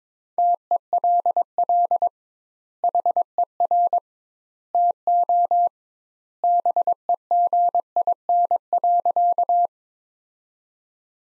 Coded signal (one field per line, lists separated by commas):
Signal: Morse code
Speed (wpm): 21 wpm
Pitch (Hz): 700 Hz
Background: none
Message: TELL HER TO BEGIN.